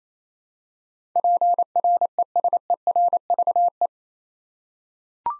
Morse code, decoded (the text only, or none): PRESERVE